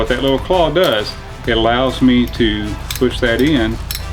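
Someone talks while handling the forward assist on an AR-15 aluminum upper receiver, the part used to quietly push the bolt carrier forward into battery. Faint metallic handling sounds sit under the speech, but nothing has seated or clicked yet.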